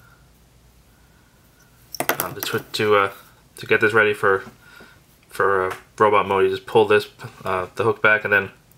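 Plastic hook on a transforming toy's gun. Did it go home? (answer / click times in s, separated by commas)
no / none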